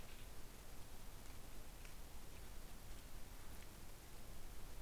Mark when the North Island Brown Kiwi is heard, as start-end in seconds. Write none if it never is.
none